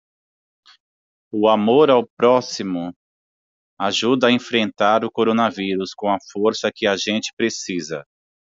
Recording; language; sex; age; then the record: spoken sentence; Brazilian Portuguese; male; 40 to 49 years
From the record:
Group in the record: control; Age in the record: 42 years